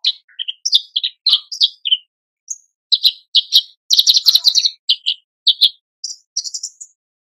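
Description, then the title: Horsfield's bush lark song: rapid varied phrases of high chirps, trills and whistled notes, with short pauses between bursts. Masteran tutor recording for training caged birds; described as super gacor, singing persistently. "MASTERAN AMPUH KICAUAN BRANJANGAN SUPER GACOR"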